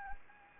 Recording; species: mosquito wingbeat signal from an infrared sensor; Anopheles gambiae